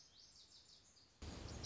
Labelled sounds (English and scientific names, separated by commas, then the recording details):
Lazuli Bunting (Passerina amoena)
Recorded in Sonoma County, California